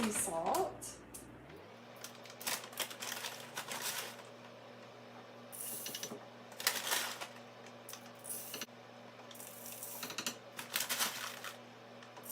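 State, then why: Not seated. A grinder lid is being handled onto the body of a refillable electric salt grinder that has just been filled with sea salt, while someone talks briefly at the start. Short knocks and rattles of handling are heard, with sharper hits near 6.7 s, 10.2 s, 10.3 s and 10.8 s. The lid has not yet twisted and locked on; nothing has seated yet.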